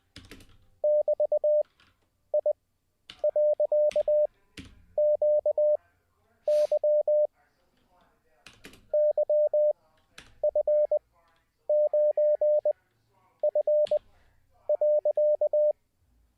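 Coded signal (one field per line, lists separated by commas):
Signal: Morse code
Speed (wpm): 20 wpm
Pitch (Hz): 600 Hz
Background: speech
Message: <BT>I.QY YF9F.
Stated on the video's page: Live Morse code learning session.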